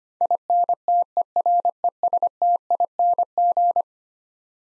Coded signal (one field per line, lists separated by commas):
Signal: Morse code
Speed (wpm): 25 wpm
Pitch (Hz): 700 Hz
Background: none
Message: INTERESTING